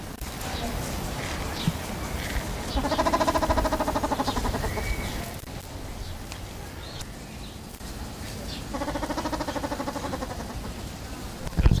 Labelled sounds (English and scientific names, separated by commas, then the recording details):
Grey Peacock-Pheasant (Polyplectron bicalcaratum) call
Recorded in captivity
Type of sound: call sequence
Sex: male
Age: adult
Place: Zoo Berlin, Berlin, DE
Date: 2002-09-04 16:06
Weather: heiter, 24 - 26°C
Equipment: Nagra SN, Kopie Uher 4000 Report Monitor
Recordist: Tembrock, Günter
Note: Männchen: Lautfolgen (5 m Entfernung)